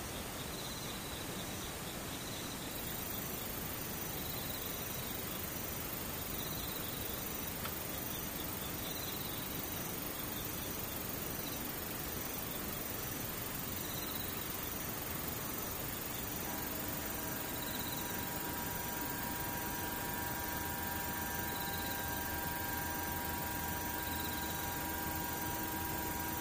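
Insects chirp in regular, repeating pulses high above a steady hiss, and a few faint sustained tones join in after about sixteen seconds.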